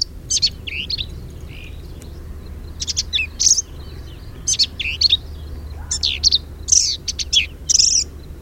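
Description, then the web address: Black-capped vireo delivering quick jumbled song phrases, harsh chips mixed with slurred whistles, in rapid bursts with brief pauses, steady low background hum. Recorded at Quanah Parker Dam on 10 May 2007. "Black-capped Vireo Sounds Quanah Parker Dam 2007-0510"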